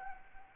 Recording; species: mosquito wingbeat signal from an infrared sensor; Anopheles arabiensis